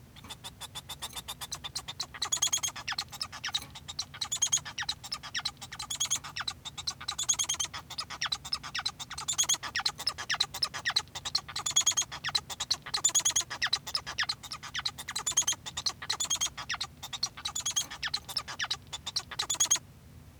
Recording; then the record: song of a male Bengalese finch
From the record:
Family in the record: son of father 1